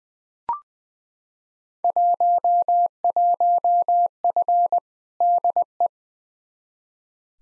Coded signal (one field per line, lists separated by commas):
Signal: Morse code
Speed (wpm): 21 wpm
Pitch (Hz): 700 Hz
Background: none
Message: 11F DE